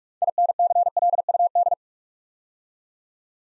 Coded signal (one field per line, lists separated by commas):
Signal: Morse code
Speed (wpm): 44 wpm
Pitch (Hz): 700 Hz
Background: none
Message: INCLUD